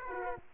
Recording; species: mosquito wingbeat signal from an infrared sensor; Aedes aegypti